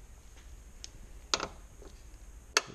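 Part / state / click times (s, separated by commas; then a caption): door latch on an aftermarket Jeep safari door / seated / 1.3 s, 2.6 s. A door latch on an aftermarket Jeep safari door fitted to a 2017 Jeep Rubicon is closed slowly in two stages, giving two sharp clicks at 1.3 s and 2.6 s over low background noise. A faint tick comes before the first click and a brief rattle follows it. The second click completes the latch, fully locking the door in place so it will not come off.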